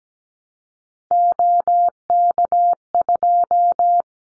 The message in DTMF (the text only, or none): none